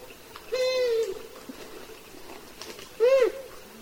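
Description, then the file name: Long-eared owl giving two nasal, arched squealing calls about two and a half seconds apart, over faint background noise with a few soft clicks. "Hibou moyen duc"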